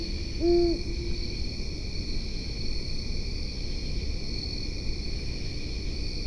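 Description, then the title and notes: Great horned owl hoot: a single deep note about half a second in, set against constant high-pitched insect buzzing and low-frequency noise. Possibly a male, deeper hoot; West Grove Dog Park, Alexandria/Fairfax County, Virginia; 4am, 11 September 2015, 70 degrees; Fostex FR-2, Sennheiser ME62, Telinga parabola. "Great Horned Owl recorded at West Grove Dog Park (Alexandria/Fairfax County, VA)"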